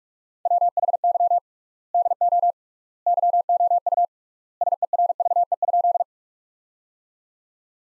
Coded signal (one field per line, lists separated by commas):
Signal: Morse code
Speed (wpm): 42 wpm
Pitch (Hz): 700 Hz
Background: none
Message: WHY DO YOU SERVE?